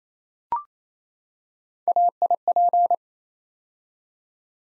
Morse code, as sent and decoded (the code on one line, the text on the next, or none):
.- .. .--.
AIP